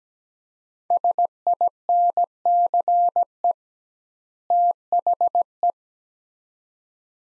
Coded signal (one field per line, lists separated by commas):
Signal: Morse code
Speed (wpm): 17 wpm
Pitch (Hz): 700 Hz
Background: none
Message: SINCE THE